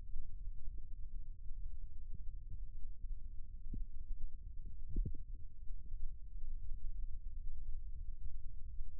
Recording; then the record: forearm muscle sounds (acoustic myography)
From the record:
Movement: rest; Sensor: system 2, bracelet of six BSWA MPA416 microphones around the upper forearm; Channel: 2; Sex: male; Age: 22 years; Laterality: right